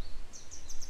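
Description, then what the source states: Grey wagtail calls: a quick run of four high, thin, sharp notes over low background rumble. A pair of grey wagtail parents still searching for their young today; follow-up report.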